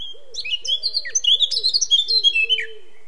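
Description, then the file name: Eurasian blackcap song, a fast, rich warble of varied chirps and whistles, with soft low notes repeated underneath. "Sylvia atricapilla"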